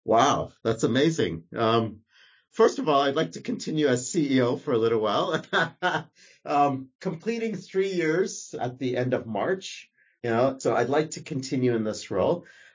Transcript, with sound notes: Wow, that’s amazing. First of all, I’d like to continue as CEO for a little while. *laughs* Completing three years at the end of March. So, I’d like to continue in this role.